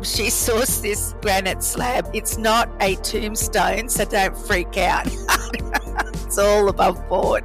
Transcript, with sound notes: She sourced this granite slab – it's not a tombstone, so don't freak out. [laughs] It's all above board.